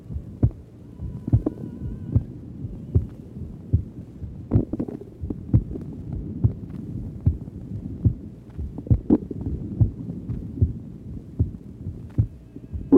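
Regular, normal adult heartbeat at about 72 a minute, heard by stethoscope at the apex of the heart, with soft gurgling bowel sounds behind it from a hungry patient late in the afternoon.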